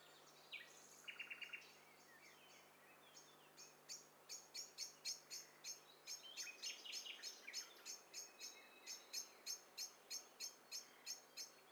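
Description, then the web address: Birds calling together: a fast run of sharp, high chirps pulsing several times a second, overlapped by short whistled notes and a brief trill from other birds early on. Several birds calling at once. "Hi Fi STEREO BIRD COCKTAIL PARTY Challenge"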